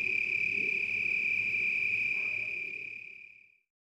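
Cricket giving a steady, unbroken high-pitched trill that fades out just before the end, over a faint low rumble.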